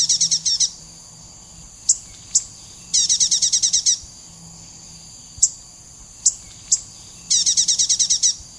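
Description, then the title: Dark-necked tailorbird singing fast, high, buzzy trilled bursts of repeated notes around a second long, separated by isolated sharp chips. Nominate subspecies atrogularis. "prenjk gnung. Dark-necked Tailorbird (Orthotomus atrogularis atrogularis)"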